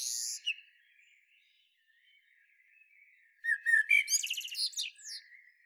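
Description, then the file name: Common blackbird song: a brief high twitter opens, then after a quiet gap a warbled fluty phrase ending in squeaky high notes. "Turdus merula"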